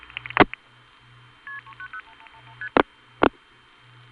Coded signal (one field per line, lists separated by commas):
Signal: multi-frequency trunk signalling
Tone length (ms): 80 ms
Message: KP390 ST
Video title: Evan Doorbell: Early 80s Phone Phreaking